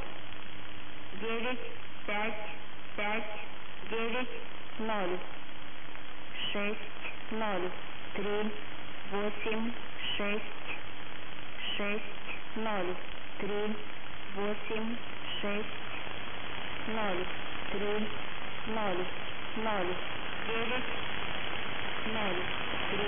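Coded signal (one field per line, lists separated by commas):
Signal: numbers station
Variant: S06s Russian Lady, Russian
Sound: synthesized female voice reading Russian numbers in an even, steady rhythm over hiss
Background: radio static, low hum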